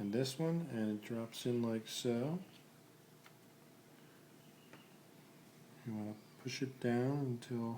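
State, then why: Not seated. A new plastic drive gear for a Ford Mustang Cobra SVT instrument cluster is dropped into its mount and lined up before being pressed down. Someone talks, then only faint ticks are heard around 3.3 and 4.7 seconds before the talking resumes. Nothing has clicked or seated yet.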